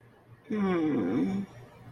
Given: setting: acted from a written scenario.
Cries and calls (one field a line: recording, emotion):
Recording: vocal sound without words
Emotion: guilt